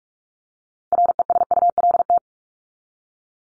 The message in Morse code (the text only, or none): RESULT